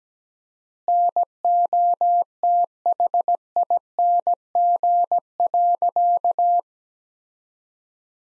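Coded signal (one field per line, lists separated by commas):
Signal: Morse code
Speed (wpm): 17 wpm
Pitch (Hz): 700 Hz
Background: none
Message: NOTHING.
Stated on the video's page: Morse practice: sentences from the top 500 words at 17 wpm with 4x word spacing, similar to Farnsworth spacing.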